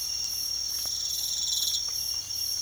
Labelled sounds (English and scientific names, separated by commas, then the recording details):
none
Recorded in pastures near Puerto Asís, Putumayo, Colombia, on 12 March 2025 at 05:30
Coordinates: 0.497, -76.327
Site G072